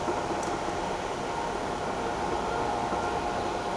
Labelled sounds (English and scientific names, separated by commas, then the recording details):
none
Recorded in shrubland near Pivijay, Magdalena, Colombia, on 17 April 2023 at 17:30
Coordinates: 10.453, -74.365
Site P5-G022